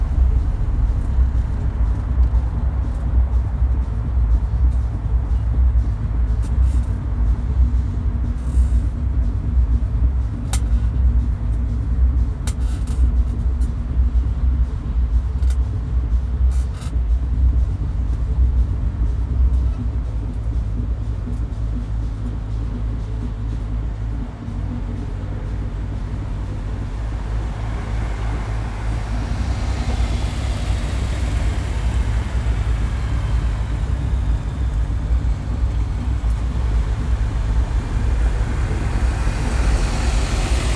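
Street sounds from a window over a road in Marzahn, Berlin: a constant low rumble of traffic and engines fills the whole recording. Faint clicks and knocks dot the first fifteen seconds, and a vehicle swells past around the thirty-second mark, with another approaching at the end.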